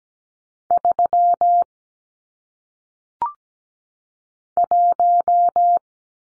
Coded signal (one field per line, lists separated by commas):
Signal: Morse code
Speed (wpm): 17 wpm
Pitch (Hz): 700 Hz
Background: none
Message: 3 1